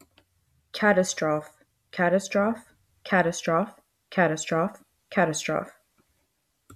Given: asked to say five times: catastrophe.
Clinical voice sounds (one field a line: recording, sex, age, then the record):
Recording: repeated word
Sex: female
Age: 30 to 39 years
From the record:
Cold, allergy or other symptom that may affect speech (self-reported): no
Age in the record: 33 years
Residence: Florida, United States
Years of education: 2